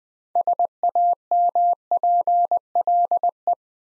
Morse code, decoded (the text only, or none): SAMPLE